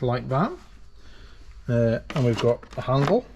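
Someone talks while handling the handle of a brake pipe flaring tool whose body is held in a vise, before the handle is pushed into its socket. Only speech and faint background noise are heard. The handle has not yet gone home, and nothing has clicked or seated.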